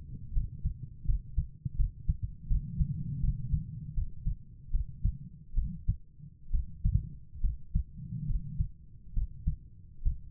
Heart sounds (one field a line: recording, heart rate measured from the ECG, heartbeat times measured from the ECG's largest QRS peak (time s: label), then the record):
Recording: heart sounds by stethoscope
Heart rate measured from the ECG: 74 bpm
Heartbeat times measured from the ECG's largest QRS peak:
0.32 s: heartbeat
1.04 s: heartbeat
1.75 s: heartbeat
2.47 s: heartbeat
3.19 s: heartbeat
3.93 s: heartbeat
4.70 s: heartbeat
5.54 s: heartbeat
6.50 s: heartbeat
7.40 s: heartbeat
8.26 s: heartbeat
9.13 s: heartbeat
10.02 s: heartbeat
From the record:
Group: healthy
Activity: rest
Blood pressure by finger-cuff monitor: 113/80 mmHg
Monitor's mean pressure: 93 mmHg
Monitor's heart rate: 79 bpm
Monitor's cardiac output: 5.7 L/min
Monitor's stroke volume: 72 mL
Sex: female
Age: 32 years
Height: 172 cm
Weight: 71.7 kg